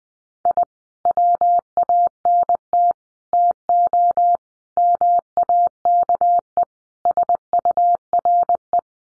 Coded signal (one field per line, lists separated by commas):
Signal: Morse code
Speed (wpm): 20 wpm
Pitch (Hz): 700 Hz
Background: none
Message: I WANT TO MAKE SURE